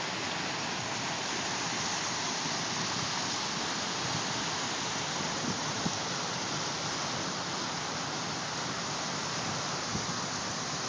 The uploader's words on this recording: Medicine Creek Just Below Harry Strunk. 80 cfs.